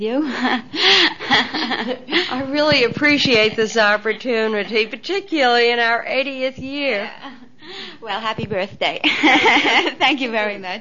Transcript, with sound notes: I really appreciate this opportunity, particularly in our eightieth year.
Well, happy birthday. (she laughs) Thank you very much.